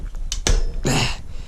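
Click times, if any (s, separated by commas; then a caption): 0.3 s, 0.5 s. A bicycle chain's quick link is tensioned by pushing the pedal or wheel back until it locks, giving sharp metallic clicks at 0.3 s and 0.5 s. A longer, noisy burst follows at about 0.9 s. The quick link joining the chain is snapped locked and fully moved into place.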